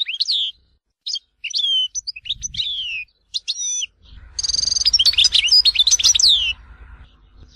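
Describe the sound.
European goldfinch song: quick liquid twitters and tinkling notes, a brief pause, then a dense jumbled burst with some low rumbling noise underneath.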